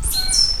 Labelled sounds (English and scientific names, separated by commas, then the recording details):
Stitchbird (Notiomystis cincta) song
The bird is a male
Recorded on Tiritiri Matangi Island, New Zealand, in 2005
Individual 20, of nest box 28